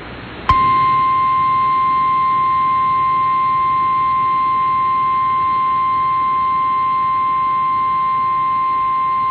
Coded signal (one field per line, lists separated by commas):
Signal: Emergency Alert System (SAME) tones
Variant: 1050 Hz attention tone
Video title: EAS PDS Tornado Warning Madisonville, Kentucky (Large Tornado on the Ground!) NOAA Weather Radio